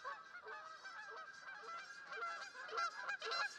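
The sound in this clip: Canada goose: many geese honking together in a dense, overlapping chorus of short nasal calls throughout.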